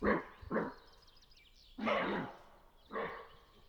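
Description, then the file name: Roe deer uttering four harsh, gruff barks, two close together, then a longer drawn-out bark and a final shorter one, over faint background chirping. "Chevreuil"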